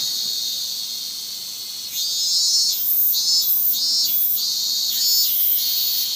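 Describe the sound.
Hyalessa maculaticollis cicada song: a continuous high buzz that swells into loud, rhythmically pulsed phrases from about two seconds on.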